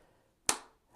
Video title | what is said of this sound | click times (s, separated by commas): Samsung Galaxy S23 Ultra & S23 Plus DROP TEST With Casetify Cases! | like a glove you can hear that snap on there | 0.5 s